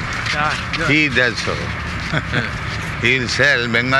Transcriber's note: chuckles